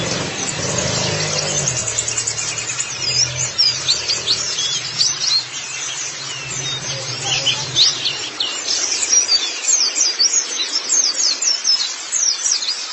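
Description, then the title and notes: White-eye chattering song, high rapid twittering notes running continuously, with a low droning hum underneath during the first eight seconds. Chirping song. "Kicauan Burung Pleci Durasi Panjang. Suara kicauan burung pleci"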